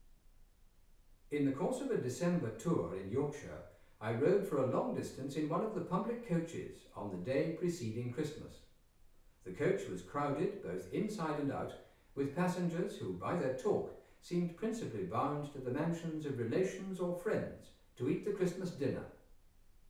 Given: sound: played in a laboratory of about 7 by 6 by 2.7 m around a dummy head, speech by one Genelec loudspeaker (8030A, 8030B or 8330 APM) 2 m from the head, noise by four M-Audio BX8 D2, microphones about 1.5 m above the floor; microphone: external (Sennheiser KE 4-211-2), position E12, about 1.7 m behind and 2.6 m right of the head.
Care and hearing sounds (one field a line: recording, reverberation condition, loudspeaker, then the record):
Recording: male speech in English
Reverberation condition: medium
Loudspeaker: 30 degrees to the left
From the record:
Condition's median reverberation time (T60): about 510 ms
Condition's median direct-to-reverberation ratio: about -0.5 dB